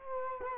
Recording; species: mosquito wingbeat signal from an infrared sensor; Culex quinquefasciatus